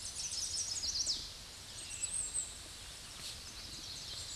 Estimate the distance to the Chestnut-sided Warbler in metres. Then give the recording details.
about 25 m. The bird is about 5 m above the microphone. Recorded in a Pennsylvania forest on 16 May 2024 at 08:25. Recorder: AudioMoth, point MSD-0661. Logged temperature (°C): 15.8 °C. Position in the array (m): 53 m, 138 m